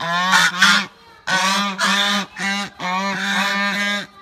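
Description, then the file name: Goose giving harsh, nasal honks in several bursts of two or three linked notes, separated by brief silences. "Tieng ngong keu"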